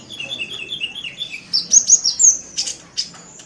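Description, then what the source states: Oriental magpie-robin song: a quick run of lower whistled notes, then louder high rising and falling slurs and sharp chips. Chirping song.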